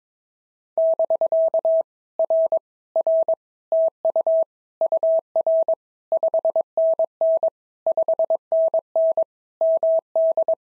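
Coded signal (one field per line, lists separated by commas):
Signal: Morse code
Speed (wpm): 22 wpm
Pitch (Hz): 650 Hz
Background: none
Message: <BK> R R TU UR 5NN 5NN MD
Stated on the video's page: POTA exchange practice at 22 wpm, each exchange sent in Morse, then spoken, then sent again.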